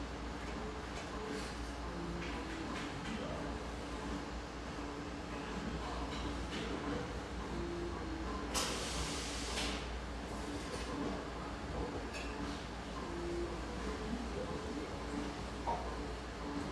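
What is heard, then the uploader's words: Steady coffeehouse murmur of voices and clatter over a constant low rumble, with a brief bright hiss near nine seconds and occasional soft tones. The sounds and mellow radio of this beautiful exposed-brick coffeehouse in the Northeast Portland neighborhood of Hazelwood.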